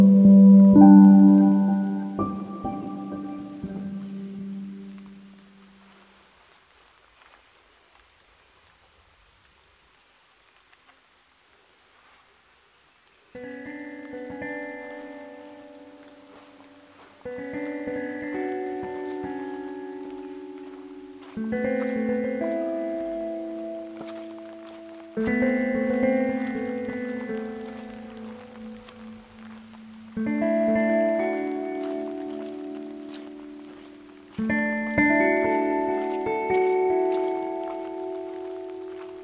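At the foot of Pyramid Mountain in Jasper, ringing bell-like tones sound for the first five seconds, then fade to near silence. From about thirteen seconds, struck chords of several clear, sustained notes arrive every four seconds, each ringing out and slowly decaying.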